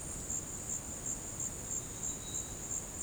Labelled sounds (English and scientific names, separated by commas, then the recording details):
none
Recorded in dense forest near Puerto Asís, Putumayo, Colombia, on 21 February 2024 at 17:30
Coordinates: 0.486, -76.316
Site G6437